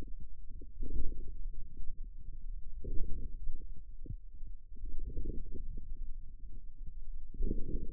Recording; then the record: forearm muscle sounds (acoustic myography)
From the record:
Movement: outward rotation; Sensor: system 2, bracelet of six BSWA MPA416 microphones around the upper forearm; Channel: 2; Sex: male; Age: 22 years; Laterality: right